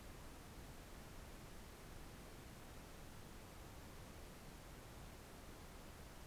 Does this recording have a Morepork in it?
no